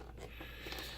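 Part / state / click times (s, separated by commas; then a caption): retaining part with fingers sliding into the projector lamp housing / not seated / none. Inside an Optoma HD70 projector, a retaining part with fingers is rolled underneath and slid down into the lamp housing for glass removal and repair. Only a steady low hum and faint rustling are heard, with no sharp transients. The part has not clicked into place.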